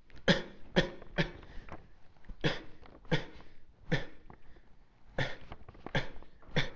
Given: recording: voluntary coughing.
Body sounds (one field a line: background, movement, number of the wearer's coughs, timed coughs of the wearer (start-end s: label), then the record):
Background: quiet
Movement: sitting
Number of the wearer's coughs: 9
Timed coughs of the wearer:
0.25-0.53 s: cough
0.74-1.05 s: cough
1.15-1.47 s: cough
2.41-2.72 s: cough
3.09-3.48 s: cough
3.89-4.30 s: cough
5.16-5.51 s: cough
5.92-6.14 s: cough
6.54-6.72 s: cough
From the record:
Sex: male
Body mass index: 23.7 kg/m2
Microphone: on the chest, facing outward